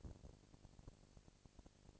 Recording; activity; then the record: daily activity, microphone in the room; no activity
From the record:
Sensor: 5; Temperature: 20.1 degrees Celsius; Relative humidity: 38.2%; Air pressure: 998.9 hPa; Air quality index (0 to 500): 218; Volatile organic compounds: 24 ppm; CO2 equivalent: 2805 ppm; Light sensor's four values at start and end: 2/3/1/1 and 2/3/1/1